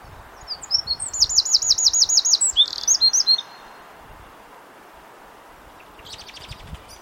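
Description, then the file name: Eurasian wren song: a burst of high, sharp notes running into a fast, loud rattling trill and more sharp notes, then a fainter brief phrase near the end. "Troglodytes troglodytes"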